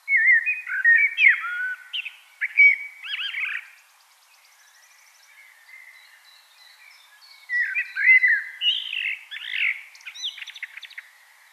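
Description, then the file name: Common blackbird song: fluty, wavering phrases ending in squeaky twitters, heard twice with a soft, quiet interval between them. "Turdus merula"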